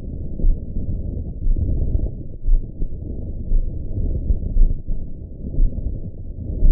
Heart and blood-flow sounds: heart sounds by optical stethoscope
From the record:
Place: mitral valve (MV)

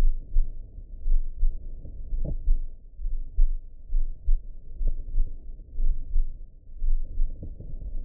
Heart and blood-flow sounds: heart sounds by optical stethoscope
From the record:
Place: aortic valve (AV)

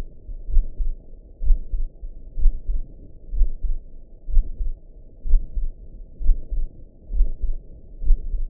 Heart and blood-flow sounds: heart sounds by optical stethoscope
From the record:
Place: tricuspid valve (TV)

